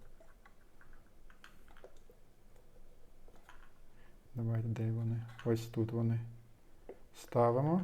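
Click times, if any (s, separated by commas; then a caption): none. The top cover of a Sofirn LT1 flashlight power bank (4×18650, USB-C) is turned back and forth on the flashlight body to find the locating holes it must drop into, because it won't lock if simply pressed on. Light, quiet ticking comes from the rotating cover through the first few seconds, and someone talks from about 4.3 s. The cover has not yet seated in the holes.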